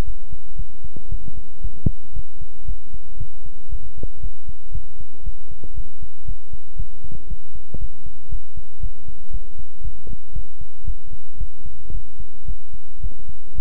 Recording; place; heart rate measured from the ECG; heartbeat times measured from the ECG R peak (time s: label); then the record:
heart sounds by stethoscope; between the tricuspid and mitral areas; 115 bpm
0.04 s: heartbeat
0.56 s: heartbeat
1.09 s: heartbeat
1.61 s: heartbeat
2.13 s: heartbeat
2.65 s: heartbeat
3.17 s: heartbeat
3.69 s: heartbeat
4.20 s: heartbeat
4.72 s: heartbeat
5.23 s: heartbeat
5.74 s: heartbeat
6.25 s: heartbeat
6.76 s: heartbeat
7.27 s: heartbeat
7.78 s: heartbeat
8.29 s: heartbeat
8.80 s: heartbeat
9.31 s: heartbeat
9.81 s: heartbeat
10.33 s: heartbeat
10.84 s: heartbeat
11.38 s: heartbeat
11.91 s: heartbeat
12.45 s: heartbeat
13.00 s: heartbeat
13.55 s: heartbeat
From the record:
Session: pedaling a stationary bicycle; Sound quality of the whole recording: good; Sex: male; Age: 24 years